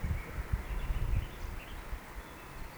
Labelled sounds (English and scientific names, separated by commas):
Eurasian Woodcock (Scolopax rusticola) whistle